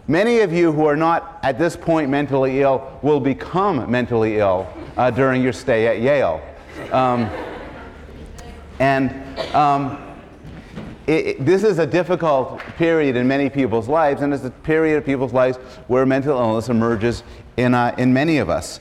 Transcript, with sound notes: Many of you who are not at this point mentally ill will become mentally ill during your stay at Yale. [laughter] And this is a difficult period in many people's lives and it's a period of people's lives where mental illness emerges in many of us.